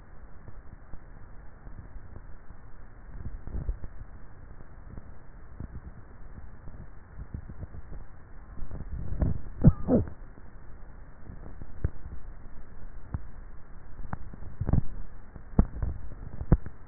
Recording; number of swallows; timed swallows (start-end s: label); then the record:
swallowing sounds by neck microphone; 3
3.55-4.32 s: swallow
8.58-9.25 s: swallow
15.52-16.18 s: swallow
From the record:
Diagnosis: dysphagia